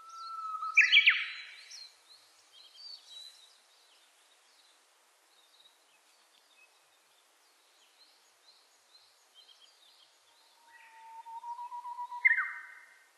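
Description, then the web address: Japanese bush warbler sings two phrases, each a low whistled lead-in ending in a loud, rapid flourish, with faint chirps from other birds between them. Recorded 29 April 2001. "2001 010429 uguisu"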